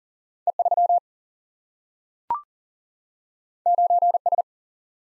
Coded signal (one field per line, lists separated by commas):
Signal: Morse code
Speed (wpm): 40 wpm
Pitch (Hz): 700 Hz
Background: none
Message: E3 9S